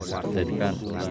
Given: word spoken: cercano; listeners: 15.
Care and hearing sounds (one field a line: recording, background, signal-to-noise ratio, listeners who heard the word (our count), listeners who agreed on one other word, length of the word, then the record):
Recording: one Spanish word in noise, from a listening test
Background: eight-talker babble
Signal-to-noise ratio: -0.8 dB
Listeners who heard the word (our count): 0 of 15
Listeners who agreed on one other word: 7 of 15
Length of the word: 0.71 s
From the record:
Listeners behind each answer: 7, 3, 1, 1, 1, 1, 1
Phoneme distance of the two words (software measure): 24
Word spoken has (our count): 3 syllables, 7 phonemes, stress on syllable 2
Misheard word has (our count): 3 syllables, 7 phonemes, stress on syllable 3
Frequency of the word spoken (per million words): 27.87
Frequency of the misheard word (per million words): 5.51